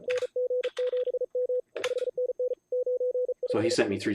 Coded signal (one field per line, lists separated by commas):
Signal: Morse code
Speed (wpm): 34 wpm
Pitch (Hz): 500 Hz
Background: speech, radio noise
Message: NG7M 5NN 95